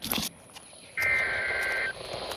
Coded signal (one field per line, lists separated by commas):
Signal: Emergency Alert System (SAME) tones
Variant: header bursts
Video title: JAX Flash Flood Warning | EAS #118